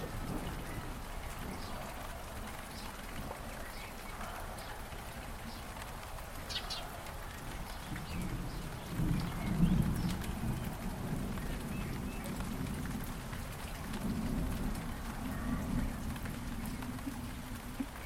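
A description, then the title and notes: Rain falls steadily in a jungle, a dense, even hiss with scattered drops pattering. A deep low rumble swells beneath it, strongest around the ninth to tenth seconds and again near fifteen seconds, like thunder rolling. A few faint high chirps come through early on. Jungle Sounds - Rain melody, Thunder & Birds.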